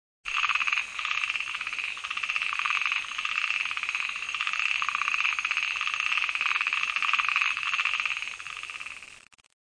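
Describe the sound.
Frog call: a continuous, fast pulsing trill that rattles steadily for about nine seconds with a bright, buzzy tone and no pauses.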